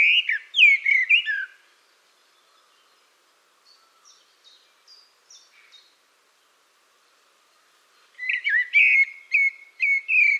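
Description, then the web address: Bird song: a burst of sweet whistled, slurred notes, then soft faint chirps during a long pause, and another lively phrase of repeated whistles at the end. "cianscape birddata Deverinetal 2025 File origin Bird Only Tu Me Tu Me"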